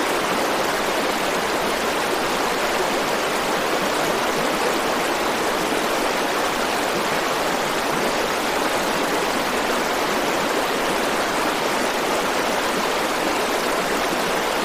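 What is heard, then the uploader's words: A rushing river pours along at a steady, unbroken roar, dense with hissing spray and churning water that stays at the same level for the whole stretch. The sound is bright, with little low rumble and no other sounds breaking through. Rushing River Sounds.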